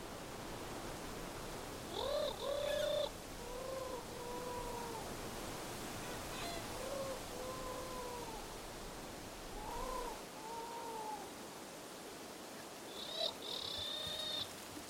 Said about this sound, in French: tentative de tourterelle à la roche percée.